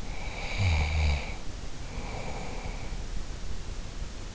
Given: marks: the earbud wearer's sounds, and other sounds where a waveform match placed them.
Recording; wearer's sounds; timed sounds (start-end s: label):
sounds in sleep by an in-ear microphone; snoring breath
0.00-3.05 s: snoring breath